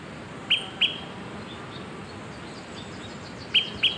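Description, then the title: Smoke-colored pewee uttering two pairs of sharp, high pip notes about three seconds apart, with only soft hiss between them. Subspecies zarumae. "LuckyPassaro Completos2Sama. Smoke-colored Pewee (Contopus fumigatus zarumae)"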